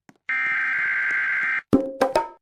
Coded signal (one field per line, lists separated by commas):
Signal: Emergency Alert System (SAME) tones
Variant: header bursts